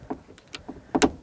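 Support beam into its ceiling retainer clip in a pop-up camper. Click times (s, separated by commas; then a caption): 1.0 s. A support beam is snapped into its retainer clip on the ceiling of a pop-up truck camper to secure it. Several short knocks and clicks come first, followed by a loud snap at 1.0 s as the beam seats in the retainer.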